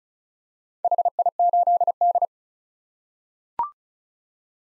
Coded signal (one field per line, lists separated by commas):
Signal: Morse code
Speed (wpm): 34 wpm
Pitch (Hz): 700 Hz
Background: none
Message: HI8D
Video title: 2023 POTA Activator Call Signs - 35wpm